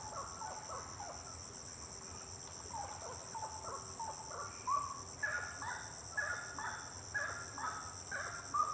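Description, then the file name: Bird singing short clipped whistles with brief upward flicks, loosely repeated about once per second, over a constant shrill high hum. Birds singing at night, intense song. "Passaros cantando a noite canto intenso"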